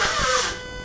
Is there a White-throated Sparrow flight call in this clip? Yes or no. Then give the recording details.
no. No flight call is heard. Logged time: 02:29 on 4 September 2014